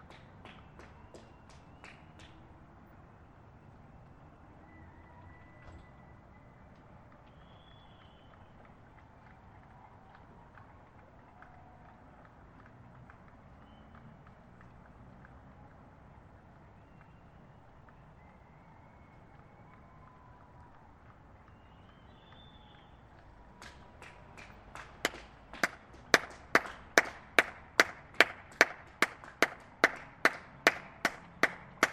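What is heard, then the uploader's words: Applause for healthcare workers in Hilversum Noord: quiet murmur with faint clapping early, then from about 24 seconds sharp, regular claps grow loud. Applausvoordezorg in Hilversum Noord. Dit is mijn achterbalcon in Hilversum Noord. Het centrum van Hilversum ligt hier vandaan op 2,5 kilometer.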